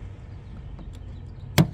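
A plastic push-tab clip in the bumper trim has its center pin pushed in to release it. After a quiet stretch with a few faint ticks, there is one sharp click at 1.6 s, followed by a softer tick. The clip is released.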